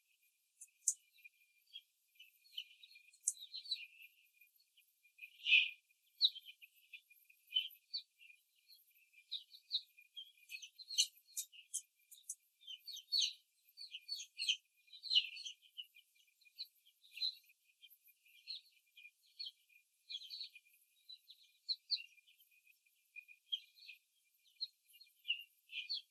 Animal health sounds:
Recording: young laying hens in a cage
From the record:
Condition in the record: after the stressor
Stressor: simulated dog barking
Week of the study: 3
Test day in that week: 1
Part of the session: 2

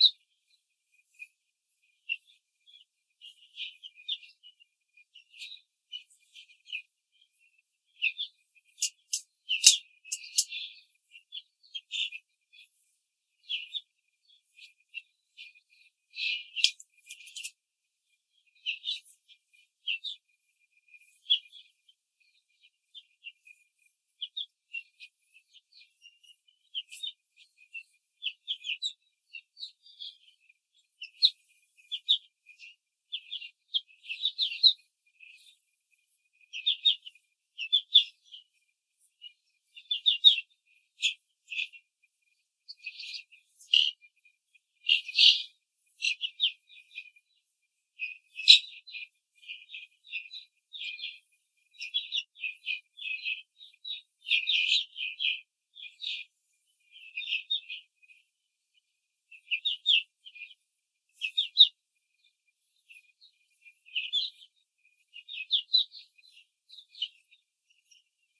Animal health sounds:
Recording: young laying hens in a cage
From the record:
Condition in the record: control cage, after the stress test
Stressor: none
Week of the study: 4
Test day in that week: 1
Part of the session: 4

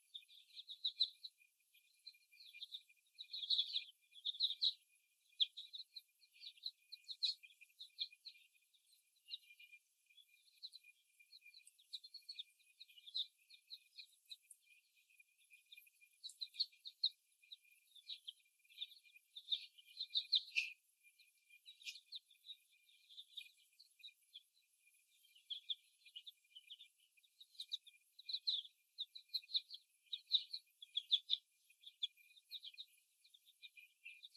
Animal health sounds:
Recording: young laying hens in a cage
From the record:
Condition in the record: after the stressor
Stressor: simulated dog barking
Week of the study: 1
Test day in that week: 1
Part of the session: 2

